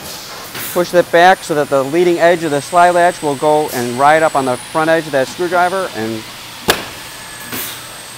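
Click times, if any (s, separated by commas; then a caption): 6.7 s. A plastic slide is fitted into the door latch housing of a PolyJohn PJN3 portable toilet, held back with a screwdriver and pushed in. Someone talks from about 0.7 to 6.2 s over a low hiss. At 6.7 s a sharp, bright click sounds as the slide pops into place and seats.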